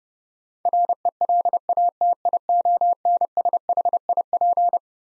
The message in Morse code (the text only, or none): RELATIONSHIP